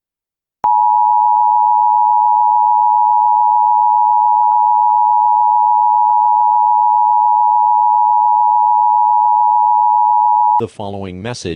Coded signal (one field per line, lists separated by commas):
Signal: Emergency Alert System (SAME) tones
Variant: 853 and 960 Hz attention tone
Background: speech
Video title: EAS scenario *1 five night at sonic's remastered